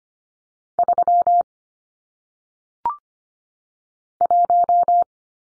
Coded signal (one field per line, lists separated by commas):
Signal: Morse code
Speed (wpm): 25 wpm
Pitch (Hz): 700 Hz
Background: none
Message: 3 1